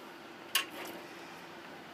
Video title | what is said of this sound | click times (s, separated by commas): How to build your own computer: part 6 power supply | You're just going to press that in. Make sure it clicks, make sure it's evenly spaced. | 0.5 s